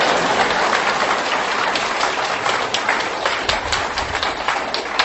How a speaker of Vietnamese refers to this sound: Dạ, thưa quý vị có đồng ý là Thầy được phong chức lên đó thì chúng ta rất là hoan hỷ. Cho nên là xin quý vị một tràng pháo tay nữa.